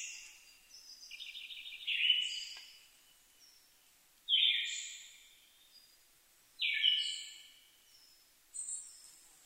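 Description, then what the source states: Siberian thrush delivering fading whistled phrases roughly every two and a half seconds, accompanied by a trilled note and high, thin calls from other birds. Recorded 2 July 2011 at 05:51.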